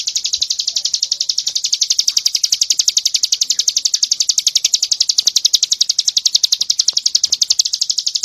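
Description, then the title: Bird delivering a steady, shrill trill of very rapid evenly spaced pulses throughout, without pause. Masteran song, made for training songbirds. "Suara masteran Burung"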